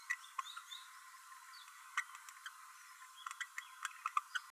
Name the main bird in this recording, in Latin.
Forpus passerinus